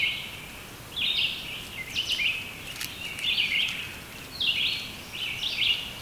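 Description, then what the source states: Red-eyed Vireo song, short slurred phrases given about once a second with brief pauses, over a steady hiss. Recording dominated by red-eyed vireos.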